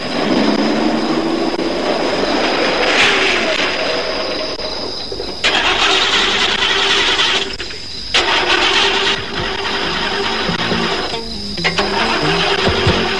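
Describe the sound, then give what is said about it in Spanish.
A car engine cranks over and over without catching, a loud, grinding churn broken by short pauses between several attempts, with no voices. “¿Y esta porquería que no arranca?”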